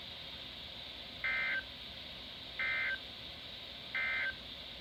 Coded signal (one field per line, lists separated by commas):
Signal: Emergency Alert System (SAME) tones